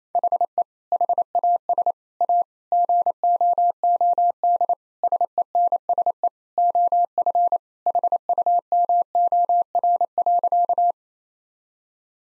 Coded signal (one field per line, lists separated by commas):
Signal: Morse code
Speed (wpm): 28 wpm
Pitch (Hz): 700 Hz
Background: none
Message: HE HAS A GOOD SENSE OF HUMOR.